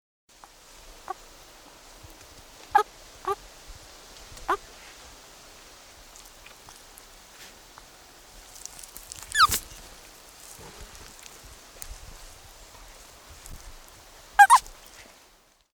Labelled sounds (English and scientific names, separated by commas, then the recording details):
Common Frog (Rana temporaria)
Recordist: Frommolt, Karl-Heinz
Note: Befreiungsrufe